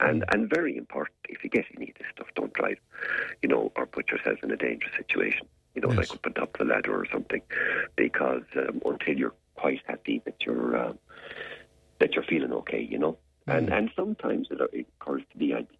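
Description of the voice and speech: Low-pitched, rough and creaky adult male voice in fluent conversational speech, with mild hoarseness from a little bit of laryngitis, generally caused by a virus.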